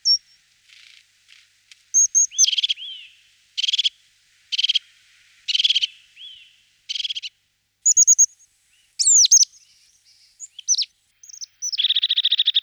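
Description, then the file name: Crested tit calling repeatedly with short buzzy rattling bursts, thin high whistled notes and a closing dry purring trill; no other sounds stand out. "sinica hohlataya"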